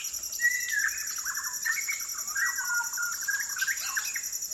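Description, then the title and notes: White-crowned shama song of rich, flowing whistled phrases that slide up and down, with a constant shrill insect hum behind. Several birds giving fluting calls in a dusk chorus at sunset over a rainforest valley in Maliau NP, Borneo; recorded with Sony PCM D10, Lom MikroUsi mics and BubbleBee Windbubbles. "Borneo Rainforest - Evening - Dusk Chorus With Shama. The fluting calls of White-crowned shamas fill the valley as the sun sets over the jungles of Maliau NP, Borneo"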